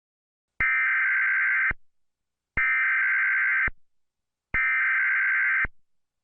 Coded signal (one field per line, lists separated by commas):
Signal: Emergency Alert System (SAME) tones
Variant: header bursts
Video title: (Credit to SimplexEAS2019 Productions) EAS In RI #1 - Emergency Action Notification In RI - 8/4/20